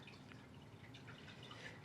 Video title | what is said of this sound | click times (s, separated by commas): Miscellaneous Stuff | push them until they click | 0.3 s